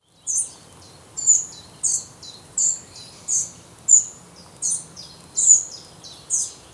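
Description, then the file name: Eurasian wren giving a series of high, hard ticking calls, each a quick bright note with a brief trailing buzz. "Troglodytes troglodytes"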